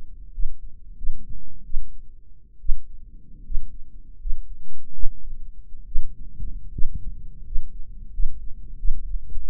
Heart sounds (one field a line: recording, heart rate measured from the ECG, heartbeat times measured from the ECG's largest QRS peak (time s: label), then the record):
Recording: heart sounds by microphone in the right ear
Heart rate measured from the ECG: 79 bpm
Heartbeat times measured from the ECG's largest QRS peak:
0.33 s: heartbeat
0.97 s: heartbeat
1.65 s: heartbeat
2.60 s: heartbeat
3.45 s: heartbeat
4.20 s: heartbeat
4.94 s: heartbeat
5.86 s: heartbeat
6.72 s: heartbeat
7.46 s: heartbeat
8.13 s: heartbeat
8.78 s: heartbeat
9.48 s: heartbeat
From the record:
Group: healthy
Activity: rest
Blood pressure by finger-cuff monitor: 157/96 mmHg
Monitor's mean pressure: 114 mmHg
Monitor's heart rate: 82 bpm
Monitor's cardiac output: 7.5 L/min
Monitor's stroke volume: 97 mL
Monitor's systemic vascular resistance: 1130 dyn s/cm5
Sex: male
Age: 23 years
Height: 179 cm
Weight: 87 kg